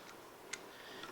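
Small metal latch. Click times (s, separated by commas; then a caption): 0.5 s. The magazine release catch on the receiver of a Hatsan ATP2 Tactical Carbine PCP air rifle is pulled forward and locked into place so the rotary magazine can be removed. A single sharp, bright tick sounds at 0.5 s over a low steady hiss, with fainter ticks near the start and end. The release catch seats and locks at 0.5 s.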